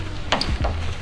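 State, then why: Seated. A part on the freshly painted door of an AE86 car, near the hinges, is pushed in and pops into place with a sharp snap at 0.3 s, followed by softer ticks at about 0.4 and 0.6 s over quiet background music. The part seats firmly in the door.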